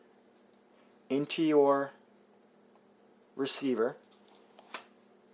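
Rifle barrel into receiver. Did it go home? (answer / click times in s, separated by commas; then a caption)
yes / 4.7 s. A rifle barrel is inserted into the receiver and pushed home; it fits only one way. Someone talks, then a faint tick at 4.6 s is followed by a sharp click at 4.7 s as the barrel seats in place.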